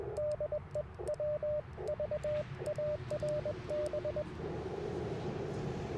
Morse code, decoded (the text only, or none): DE WVARB